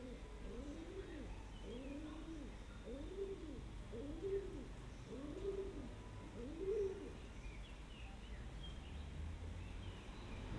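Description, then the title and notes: Pigeon cooing: a run of arched, soft low coos over about seven seconds, then only a quiet, steady street hum. Heard from the street in Fuente del Berro, Madrid, Spain, during the COVID-19 lockdown, with traffic and works gone. "Historias Sonoras Del COVID 19 Tranquilidad E Incertidumbre, Fuente Del Berro, Madrid. ESPAÑ A. el gorjeo y el aleteo de las palomas"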